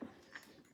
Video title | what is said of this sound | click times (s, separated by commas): Costco Beachcomber Bag Dupe for BOGG Bag | there okay hold on now click okay | 0.4 s